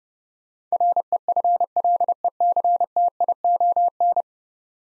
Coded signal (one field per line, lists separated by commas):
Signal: Morse code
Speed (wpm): 32 wpm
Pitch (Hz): 700 Hz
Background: none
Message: REFLECTION